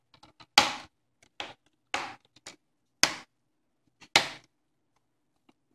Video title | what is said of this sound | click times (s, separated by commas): Laptop screen replacement / How to replace laptop screen HP 2000 | the way around it you can hear everything snapping back into place don't | 0.6 s, 1.4 s, 1.9 s, 3.0 s, 4.2 s